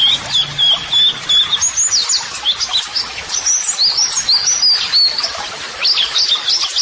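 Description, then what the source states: White-eye song: fast, high twittering of thin whistled notes and quick slurred chirps. Pleci singing actively ('gacor'), offered as a 'masteran' model song for training birds to answer, and as 'audio terapi'.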